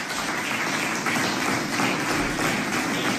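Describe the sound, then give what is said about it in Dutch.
Steady applause from cabinet ministers, a dense wash of overlapping hand claps at an even loudness that continues throughout without pause, a standing ovation closing Prime Minister Rutte's last cabinet meeting in the Trêveszaal. No one speaks over it. “Het was de laatste ministerraad van demissionair premier Rutte en de vergadering is afgesloten met applaus.”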